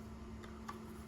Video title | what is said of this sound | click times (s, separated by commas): Ghost Busters Ghost Trap Assembly Beta | sides are simply going to snap into place | 0.4 s, 0.7 s